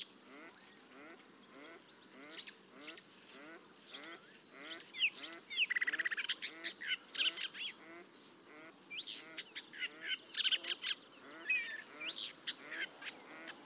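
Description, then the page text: Paddyfield warbler song: a fast, varied chattering stream of high scratchy and whistled notes, with a steady series of lower repeated notes beneath. "Patrick Franke - Индийская камышевка (Acrocephalus agricola)"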